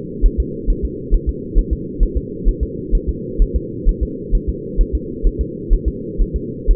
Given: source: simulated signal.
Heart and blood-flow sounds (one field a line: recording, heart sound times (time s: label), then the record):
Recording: fetal heart sounds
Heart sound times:
0.26 s: S1
0.40 s: S2
0.70 s: S1
0.85 s: S2
1.14 s: S1
1.29 s: S2
1.59 s: S1
1.73 s: S2
2.03 s: S1
2.17 s: S2
2.48 s: S1
2.63 s: S2
2.95 s: S1
3.09 s: S2
3.42 s: S1
3.56 s: S2
3.89 s: S1
4.03 s: S2
4.35 s: S1
4.49 s: S2
4.81 s: S1
4.95 s: S2
5.27 s: S1
5.41 s: S2
5.73 s: S1
5.88 s: S2
6.22 s: S1
6.36 s: S2
6.71 s: S1
From the record:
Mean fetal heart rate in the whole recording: 130 bpm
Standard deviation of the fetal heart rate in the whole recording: 4 bpm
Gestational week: 38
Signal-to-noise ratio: -4.1 dB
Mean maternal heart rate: no maternal heart sound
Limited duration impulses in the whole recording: absent